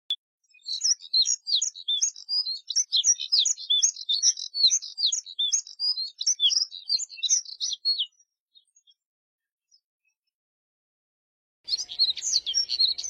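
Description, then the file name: Moussier's redstart singing a long, rapid scratchy warble of high twittering notes for about seven seconds, pausing, then starting another burst. "Canto do Redstart de Moussier"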